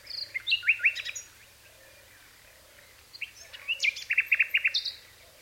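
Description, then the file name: Common nightingale song: two varied phrases of sharp whistles and quick repeated chirps, separated by a pause, over a soft low background hum. "Luscinia megarhynchos"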